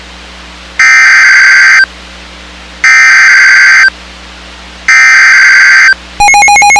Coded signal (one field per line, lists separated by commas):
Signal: Emergency Alert System (SAME) tones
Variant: header bursts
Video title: Double Header: DE And NJ SVR And MD SMW EAS #705-706